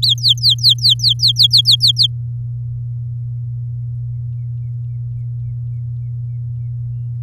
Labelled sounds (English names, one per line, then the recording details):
Domestic Canary song
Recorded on 10 May 2018 at 17:04
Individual llb16